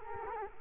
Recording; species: mosquito wingbeat signal from an infrared sensor; Culex quinquefasciatus